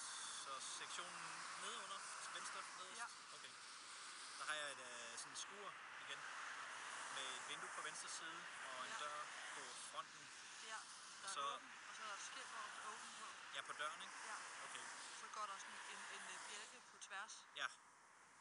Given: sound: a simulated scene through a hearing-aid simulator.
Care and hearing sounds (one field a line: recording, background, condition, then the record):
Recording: conversation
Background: traffic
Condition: 0 dB SNR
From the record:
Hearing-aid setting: IV (slow-acting compression, loudness normalization)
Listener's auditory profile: C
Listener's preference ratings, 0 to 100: 69, 12, 53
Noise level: 75 dB SPL